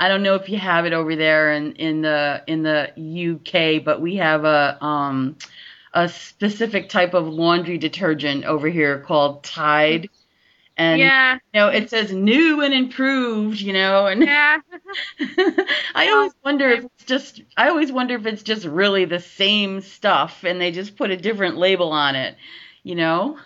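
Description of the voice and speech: An adult interviewer speaks casually in a quiet room, with a mid-range voice, clear voicing and an easy conversational rhythm. Fillers like "you know" and "um", and one restarted phrase, are ordinary everyday disfluencies. The speech is typical.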